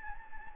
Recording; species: mosquito wingbeat signal from an infrared sensor; Anopheles gambiae